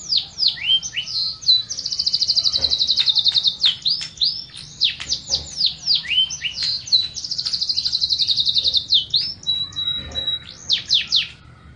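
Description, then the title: Canary song: high, rapid trills and rolls alternating with sweeping downslurred notes, long bright rattling phrases, continuous for the whole stretch. Master recording of canary song, used for training canaries. "Suara Burung Kenari Masteran"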